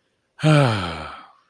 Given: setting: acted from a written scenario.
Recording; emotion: vocal sound without words; relief